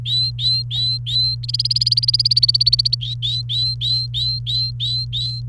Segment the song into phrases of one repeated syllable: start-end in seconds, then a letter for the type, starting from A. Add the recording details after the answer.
0.00-1.35 A, 1.43-2.95 B, 3.01-5.41 A. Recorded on 29 April 2018 at 13:32. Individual llb3